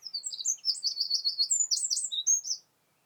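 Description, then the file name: Eurasian wren song, a dense, fast run of very high twittering notes and trills lasting about two and a half seconds, ending sharply into silence. "Troglodytes troglodytes"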